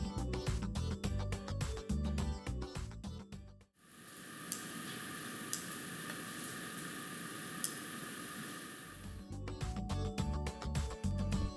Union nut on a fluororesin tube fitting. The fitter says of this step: tighten the nut further until you hear click sound